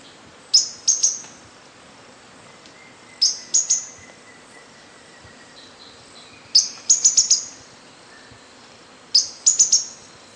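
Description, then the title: Bird song: short bursts of a few sharp, high chirps, repeated about every three seconds, with a faint thin whistle between them. "LuckyPassaro Completos2Sama"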